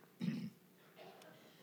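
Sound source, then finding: Adult male speaker. Throat clearing.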